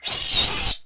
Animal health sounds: pig call; piglet (1 to 25 days)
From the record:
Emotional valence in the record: negative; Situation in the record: restrain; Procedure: sham castration, cut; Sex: male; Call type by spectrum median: high-frequency call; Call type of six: high-frequency modulated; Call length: 0.86 s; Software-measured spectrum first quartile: 3846 Hz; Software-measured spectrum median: 4302 Hz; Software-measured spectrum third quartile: 6941 Hz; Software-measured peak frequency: 3997 Hz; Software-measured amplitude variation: 107 dB a second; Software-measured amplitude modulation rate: 21.4 a second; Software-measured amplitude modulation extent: 5.0 dB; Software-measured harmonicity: 9.5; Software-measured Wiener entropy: -3.08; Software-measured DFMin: 1066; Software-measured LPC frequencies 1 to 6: 900, 2831, 3994, 7655, 8131, 11055 Hz

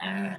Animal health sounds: pig call; piglet (1 to 25 days)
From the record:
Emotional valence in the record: negative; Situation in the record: long isolation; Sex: male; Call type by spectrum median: low-frequency call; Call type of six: low-frequency modulated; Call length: 0.39 s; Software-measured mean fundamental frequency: 63 Hz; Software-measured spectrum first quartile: 238 Hz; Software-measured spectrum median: 732 Hz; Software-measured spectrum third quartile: 1912 Hz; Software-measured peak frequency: 195 Hz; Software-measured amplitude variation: 87 dB a second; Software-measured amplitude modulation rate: 14.1 a second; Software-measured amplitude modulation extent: 6.2 dB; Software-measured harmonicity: 4.1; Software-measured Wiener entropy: -1.38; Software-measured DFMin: 819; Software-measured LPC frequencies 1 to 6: 772, 1761, 2837, 3704, 5643, 9601 Hz

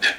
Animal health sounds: pig call; piglet (1 to 25 days)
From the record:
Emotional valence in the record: negative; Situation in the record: missed nursing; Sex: male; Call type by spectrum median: low-frequency call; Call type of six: low-frequency modulated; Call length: 0.19 s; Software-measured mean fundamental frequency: 76 Hz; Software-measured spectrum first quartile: 1647 Hz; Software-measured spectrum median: 2239 Hz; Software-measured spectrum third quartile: 3303 Hz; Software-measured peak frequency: 1644 Hz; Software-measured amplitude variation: 159 dB a second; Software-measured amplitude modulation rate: 7.9 a second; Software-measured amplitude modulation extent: 20.1 dB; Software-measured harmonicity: 3.8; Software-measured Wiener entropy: -1.45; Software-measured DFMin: 910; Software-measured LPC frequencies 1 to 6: 706, 1681, 2527, 3388, 4062, 4584 Hz

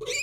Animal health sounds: pig call; weaner (32 to 43 days)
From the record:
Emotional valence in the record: negative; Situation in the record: short isolation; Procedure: open field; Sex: female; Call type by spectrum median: high-frequency call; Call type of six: high-frequency stable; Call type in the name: high-frequency stable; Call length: 0.23 s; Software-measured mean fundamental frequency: 244 Hz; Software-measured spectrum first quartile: 1634 Hz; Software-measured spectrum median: 2891 Hz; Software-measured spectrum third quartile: 5675 Hz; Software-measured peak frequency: 2373 Hz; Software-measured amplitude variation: 161 dB a second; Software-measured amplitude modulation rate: 17.6 a second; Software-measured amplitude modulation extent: 9.2 dB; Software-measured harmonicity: 9.1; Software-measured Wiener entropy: -3.51

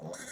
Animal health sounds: pig call; piglet (1 to 25 days)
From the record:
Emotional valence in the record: negative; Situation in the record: short isolation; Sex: male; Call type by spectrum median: low-frequency call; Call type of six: mixed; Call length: 0.32 s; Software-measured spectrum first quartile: 525 Hz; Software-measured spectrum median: 1803 Hz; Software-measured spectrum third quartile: 6326 Hz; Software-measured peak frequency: 527 Hz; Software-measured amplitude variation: 123 dB a second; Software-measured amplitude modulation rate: 14.2 a second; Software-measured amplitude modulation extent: 8.6 dB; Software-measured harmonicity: 1.1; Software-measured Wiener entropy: -3.19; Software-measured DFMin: 699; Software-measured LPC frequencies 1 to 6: 555, 1488, 1941, 3474, 4134, 5665 Hz

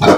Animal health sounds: pig call; growing-finishing pig (85 days or more)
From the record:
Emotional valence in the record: positive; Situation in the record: run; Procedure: transit

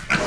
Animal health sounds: pig call; piglet (1 to 25 days)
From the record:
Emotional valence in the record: positive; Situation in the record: reunion after long isolation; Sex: male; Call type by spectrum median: low-frequency call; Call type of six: low-frequency tonal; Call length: 0.27 s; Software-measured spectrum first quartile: 634 Hz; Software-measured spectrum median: 1440 Hz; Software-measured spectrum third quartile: 2339 Hz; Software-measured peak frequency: 178 Hz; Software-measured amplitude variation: 160 dB a second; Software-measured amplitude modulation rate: 20.6 a second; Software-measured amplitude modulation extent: 7.8 dB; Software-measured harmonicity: 0.9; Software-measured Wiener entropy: -1.03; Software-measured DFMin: 1321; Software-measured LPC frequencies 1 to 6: 591, 1457, 2337, 4123, 4817, 5692 Hz

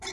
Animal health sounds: pig call; weaner (32 to 43 days)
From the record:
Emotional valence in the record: negative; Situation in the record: long isolation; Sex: female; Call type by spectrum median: high-frequency call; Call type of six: high-frequency stable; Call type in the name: high-frequency stable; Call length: 0.13 s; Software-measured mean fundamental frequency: 182 Hz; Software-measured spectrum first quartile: 1166 Hz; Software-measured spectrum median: 2969 Hz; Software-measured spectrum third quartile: 5089 Hz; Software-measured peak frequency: 3526 Hz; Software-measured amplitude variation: 84 dB a second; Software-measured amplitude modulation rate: 11.3 a second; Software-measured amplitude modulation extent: 7.5 dB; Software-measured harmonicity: 1.4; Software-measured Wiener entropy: -2.28

